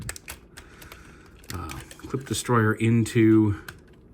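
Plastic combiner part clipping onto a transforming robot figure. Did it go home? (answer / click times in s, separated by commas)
no / none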